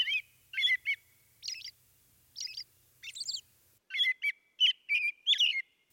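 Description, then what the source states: American Robin song: whistled, caroling phrases in short bursts with brief pauses, busier toward the end. Male courting a female in mid-July.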